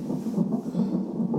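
Fetal heartbeat heard on a Doppler fetal heart monitor during labour, with the mother lying on her left side.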